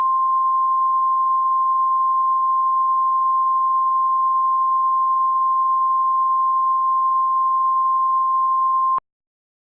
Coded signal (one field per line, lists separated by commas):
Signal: Emergency Alert System (SAME) tones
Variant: 1050 Hz attention tone